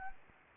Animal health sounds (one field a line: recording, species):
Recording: mosquito wingbeat signal from an infrared sensor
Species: Anopheles gambiae